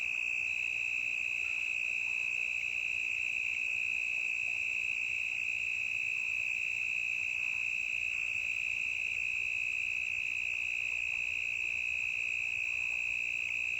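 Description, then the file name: Cricket chirping as an unbroken shrill drone, pitch and volume unchanging, over a faint hiss. Intense cricket chirping in a forest, stereo recording. "Grilo intenso na mata"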